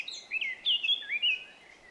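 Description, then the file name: Eurasian blackcap song: a short, bright run of liquid whistled notes that slides up and down and fades out at the end. "Sylvia atricapilla"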